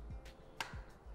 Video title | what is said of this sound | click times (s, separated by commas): ATLAS HD - Versatile Programmable Glass Reactor - John Morris Group | So again, it goes in until it clicks. | 0.6 s